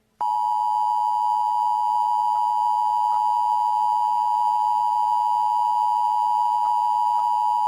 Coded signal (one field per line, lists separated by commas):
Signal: Emergency Alert System (SAME) tones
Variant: 853 and 960 Hz attention tone